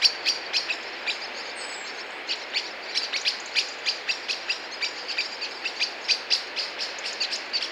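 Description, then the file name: Common blackbird calls: a few sharp chinks, a short pause, then a steady run of hard clicking notes. "Turdus merula"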